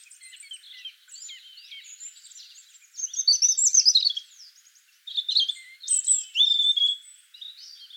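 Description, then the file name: European robin song, a jumble of thin high warbled trills and sliding whistles, quiet at first then louder phrases near the middle and end. "Erithacus rubecula"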